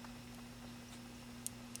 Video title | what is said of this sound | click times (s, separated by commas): Galaxy S4 Earpiece Speaker Replacement How To Change | make sure it clicks in you want to put your memory card in if you have one put | 1.5 s